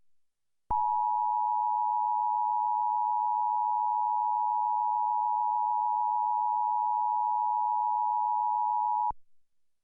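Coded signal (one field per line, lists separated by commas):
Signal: Emergency Alert System (SAME) tones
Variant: 853 and 960 Hz attention tone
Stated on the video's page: EAS activation as the National Weather Service upgrades a Tsunami Watch to a Tsunami Warning for the San Francisco Bay Area.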